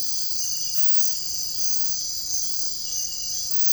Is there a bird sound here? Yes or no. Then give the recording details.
no. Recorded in dense forest near Puerto Asís, Putumayo, Colombia, on 19 February 2024 at 05:30. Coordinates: 0.487, -76.319. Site G6403